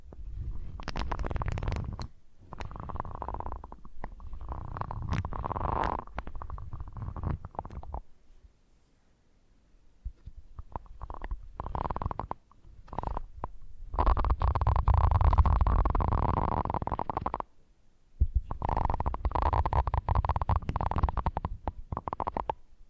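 Scratching and brushing right at the ear, in dense rough bursts with a low rumbling thud beneath. The rubbing comes in stretches of a few seconds, broken by short silent gaps near 8, 12 and 18 seconds, and is loudest around 14 to 17 seconds.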